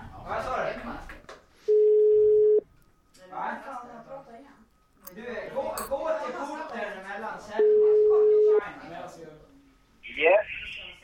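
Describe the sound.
A phone line rings back while a call is placed from a live radio show on Magnatradio: two long, steady, mid-pitched tones about six seconds apart, with people talking before, between and after them.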